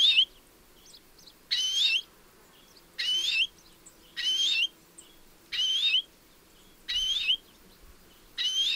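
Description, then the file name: European greenfinch uttering a steady series of seven nasal, rasping wheezes, each slightly rising at the end, spaced about every second and a half. "Chloris chloris"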